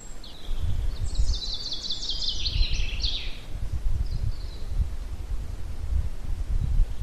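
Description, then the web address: Bird song: a bright, buzzy trilled phrase that sweeps down over two seconds, a few faint high notes after, over steady low rumbling background noise. Birds recorded in a pine forest at Ardenno. "ardenno uccelli pineta"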